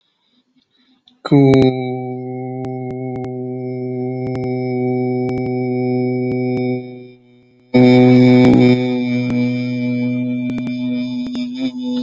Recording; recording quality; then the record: sustained vowel as in boot; excellent, no background noise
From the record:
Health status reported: healthy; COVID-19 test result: not tested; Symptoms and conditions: none ticked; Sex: male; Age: 33 years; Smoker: not ticked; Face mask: not worn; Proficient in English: yes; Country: India